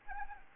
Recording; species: mosquito wingbeat signal from an infrared sensor; Anopheles gambiae